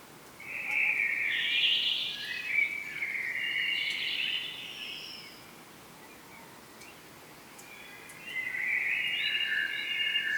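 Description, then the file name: Common blackbird singing a rich warbled phrase, a quiet gap, then another mellow phrase, against a soft continuous hiss. "Turdus merula"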